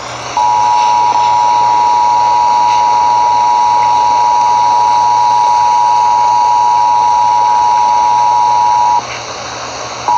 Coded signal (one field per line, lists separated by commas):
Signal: Emergency Alert System (SAME) tones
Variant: 853 and 960 Hz attention tone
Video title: Massachusetts RMT on WBZ (4/5/22)(EAS 1145)